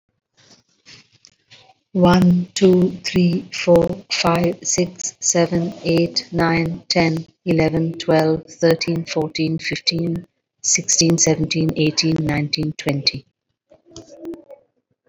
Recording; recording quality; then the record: counting at a normal pace; excellent, no background noise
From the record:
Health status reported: COVID-19 positive, mild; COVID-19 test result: positive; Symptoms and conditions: breathing difficulty, fatigue, hypertension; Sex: female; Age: 62 years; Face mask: not worn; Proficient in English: yes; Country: India